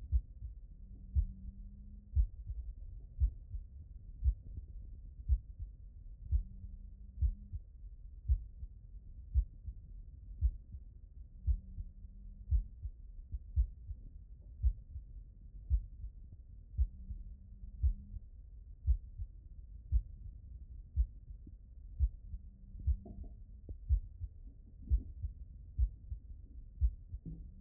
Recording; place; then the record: heart sounds by stethoscope; mitral valve (MV)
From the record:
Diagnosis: non-HFrEF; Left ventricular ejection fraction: 64%